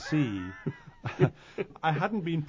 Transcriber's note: laughter